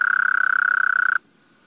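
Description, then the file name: Gulf Coast Toad trill, a steady buzzy pulsed note near one pitch, stopping abruptly after just over a second. "Bufo valliceps - Gulf Coast Toad"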